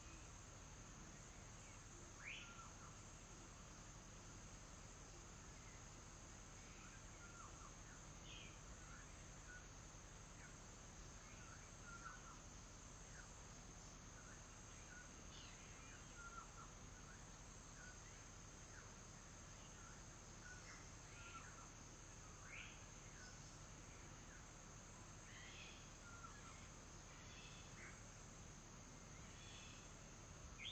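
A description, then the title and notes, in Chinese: Birds call through jungle at Karawari, Papua New Guinea: scattered short chirps and whistles over a steady bright insect hiss and low rumble. 巴布亚新几内亚卡拉瓦里_丛林的鸟叫。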